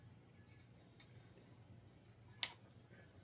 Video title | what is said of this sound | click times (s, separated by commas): How to fix a Slow Ceiling Fan - Faulty Capacitor | there we go it clicks in place | 2.4 s